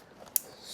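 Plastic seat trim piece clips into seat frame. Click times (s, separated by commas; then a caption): 0.4 s. A plastic seat trim piece on a Tesla Model 3/Y performance replacement seat is aligned by its clips and tabs and squeezed onto the seat frame. A soft tick at 0.3 s comes before one sharp, bright click at 0.4 s, followed by faint low noise. The click marks the trim clips seating into the frame.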